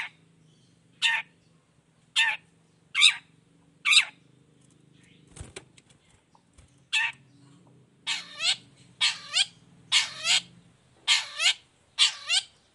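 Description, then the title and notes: Long-tailed shrike giving harsh, rasping buzzy notes, at first spaced about a second apart, then in quicker doubled bursts with descending undertones; low hum in the background. Morning; vigorous 'gacor' singing with a clear voice, varied sounds and 'toet toet' notes, said to be easy for any kind of shrike to imitate. "Cendet Gacor Dor Di Kala Pagi Toet Toet Variasi Suara. Cendet Gacor Suara Jernih Full Variasi. Burung cendet"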